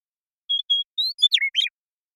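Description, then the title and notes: Western meadowlark song of two short high whistles, a rising note, then a quick burst of sweeping, gurgling notes that tumble downward. Song at natural pace; recorded in the Pacific Northwest, Washington, United States. "Western Meadowlark, Sturnella neglecta, song, contact calls, and flush, family: Troupials and Allies Recorded in the beautiful Pacific Northwest in Washington, United States"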